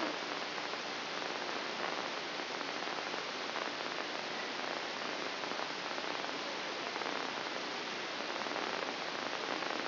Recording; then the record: brain microelectrode recording played as sound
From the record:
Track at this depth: inside the subthalamic nucleus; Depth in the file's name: 5.307 mm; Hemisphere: left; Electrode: 2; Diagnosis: Parkinson's disease